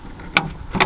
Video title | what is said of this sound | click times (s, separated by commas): Best Cargo Net for Toyota Tacoma under $50 "The TacoNet" | it'll actually click into place if you heard that | 0.4 s